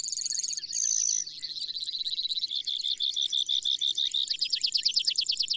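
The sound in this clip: Brewer's sparrow song: high thin trills and buzzes strung together, a clear whistled note near the start, then fast chattering trills, over faint low hum.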